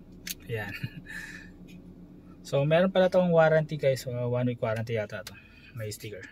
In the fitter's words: so ito yung pag-release pindutin niyo lang ung button sa likod and then hila